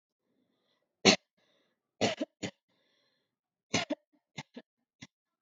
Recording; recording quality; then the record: heavy voluntary cough; excellent, no background noise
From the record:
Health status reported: healthy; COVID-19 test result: not tested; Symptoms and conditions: none ticked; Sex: female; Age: 21 years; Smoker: not ticked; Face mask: not worn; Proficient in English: yes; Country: India